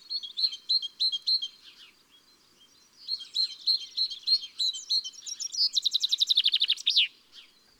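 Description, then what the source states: Common Chaffinch song, high repeated notes building into a fast, falling trill that ends in an abrupt flourish, preceded by short separate chirping notes. Garden bird; song used in a listening exercise to recognise six garden-bird species.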